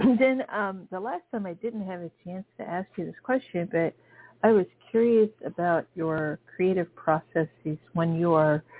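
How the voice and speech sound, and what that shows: An adult woman asks a question in clear, fluent, ordinarily paced speech with natural pauses.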